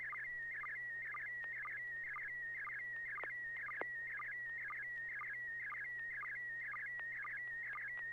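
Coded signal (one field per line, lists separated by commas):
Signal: SSTV (slow-scan television)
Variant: PD120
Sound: steady high warbling tone with rhythmic chirpy clicks about twice a second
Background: low steady hum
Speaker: okay let's give it a try Piggy 120.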